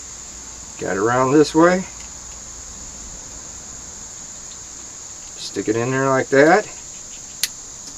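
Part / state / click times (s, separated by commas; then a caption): takedown pin into pistol frame / seated / 7.4 s. Someone talks while the takedown pin of an SCCY CPX-1RD pistol is pushed into the frame, with a steady high-pitched tone running underneath the whole time. The pin snaps in with a short, sharp click at 7.4 s. The pistol was deliberately put together wrong, so the assembly does not hold even though the pin snapped in.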